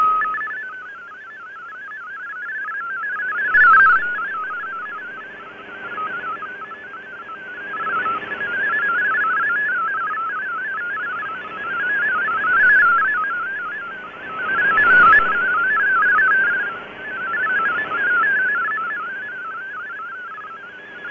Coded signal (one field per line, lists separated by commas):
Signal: multi-tone FSK (Olivia or MFSK type)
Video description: Shortwave Radiogram transmits digital text and images on an analog shortwave broadcast transmitter.